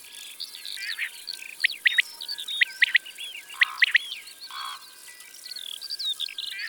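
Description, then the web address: Common quail song: clipped three-note phrases, a single note then a quick pair, repeated several times amid many other songbirds whistling and trilling. "Caille des bles. abc de la nature"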